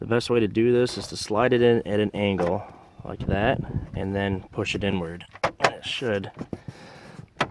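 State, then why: Seated. On a 2004–2008 Pontiac Grand Prix, the driver-side plastic trim panel is slid into the dashboard at an angle and pushed inward while someone talks. A sharp click at 7.4 s marks the panel clipping into place, seated.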